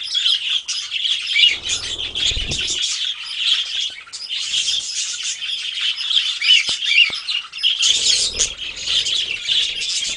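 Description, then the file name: Flock of Budgerigar in continuous high chatter, chirps and squawks overlapping throughout, with soft low rustling or flutter sounds around two and eight seconds. A flock of parakeets calling together. "suara parkit rombongan. omkicau"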